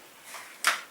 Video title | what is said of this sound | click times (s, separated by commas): Air Rifle Comparison (Video 1) | pull it back there until you hear that click, which is it locking on the trigger mechanism, | 0.7 s